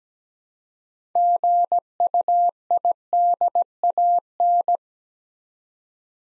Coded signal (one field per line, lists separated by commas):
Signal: Morse code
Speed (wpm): 17 wpm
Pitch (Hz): 700 Hz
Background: none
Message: GUIDAN